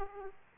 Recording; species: mosquito wingbeat signal from an infrared sensor; Aedes aegypti